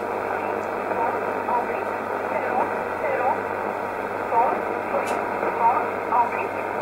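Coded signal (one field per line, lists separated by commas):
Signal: numbers station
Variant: E11 Oblique, English voice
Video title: 04 10 2019 E11 Oblique Numbers station in English 0821 on 5941 unknown tx site in USB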